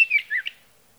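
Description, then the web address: Sage thrasher song fragment: a brief burst of quick, warbling notes that ends abruptly, followed by quiet. "birdsongforthecurious Sage Thrasher"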